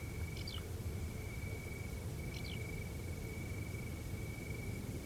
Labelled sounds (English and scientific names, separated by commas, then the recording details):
Eurasian Skylark (Alauda arvensis)
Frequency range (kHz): Eurasian Skylark (Alauda arvensis) 2.3-5.7 kHz
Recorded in France